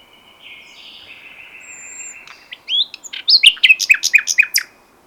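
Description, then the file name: Common nightingale song: soft drawn-out whistles, then a sharp series of loud repeated down-slurred notes. "Luscinia megarhynchos"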